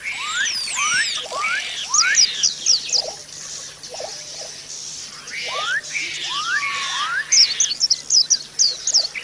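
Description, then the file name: White-eye song: clear rising whistles and descending slurs mixed with short high chirps, repeated in lively phrases over a faint hum. White-eye (pleci) song used as audio therapy for cage birds. "audio terapi pleci. omkicau"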